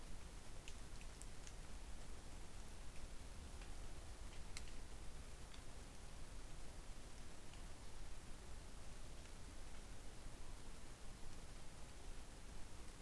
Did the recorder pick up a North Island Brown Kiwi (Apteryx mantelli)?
no